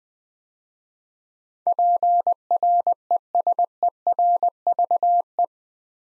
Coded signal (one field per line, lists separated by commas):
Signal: Morse code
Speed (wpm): 20 wpm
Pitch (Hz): 700 Hz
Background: none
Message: PRESERVE